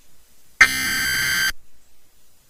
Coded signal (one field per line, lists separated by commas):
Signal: Emergency Alert System (SAME) tones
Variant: header bursts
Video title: NATIONAL EAS TEST OCTOBER 4 2023 AS SEEN AND HEARD IN LAREDO, TX + ALERT IN SPANISH (EAS #99-107)